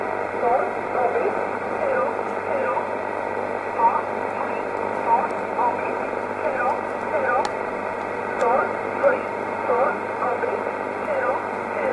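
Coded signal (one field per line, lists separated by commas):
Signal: numbers station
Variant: E11 Oblique, English voice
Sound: short spoken words, likely numbers, evenly spaced in a steady voice over hissy shortwave static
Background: radio static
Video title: 04 10 2019 E11 Oblique Numbers station in English 0821 on 5941 unknown tx site in USB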